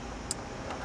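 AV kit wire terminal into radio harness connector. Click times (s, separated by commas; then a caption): 0.3 s. A yellow wire terminal from a zAutomotive TaZer AV kit is pushed into the radio harness connector of a Challenger's Uconnect 8.4 radio, with its flat side against the divider. A single sharp, bright click at 0.3 s rises above a steady low background noise. The pin is seated in the housing.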